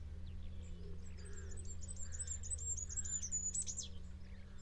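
Bird song: a thin, very high, rapid series of ticking notes over a strong low rumble and hum.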